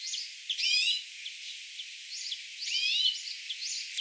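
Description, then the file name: European greenfinch wheezes, two drawn-out nasal notes mixed with quick high chirps and short twitters. "Chloris chloris"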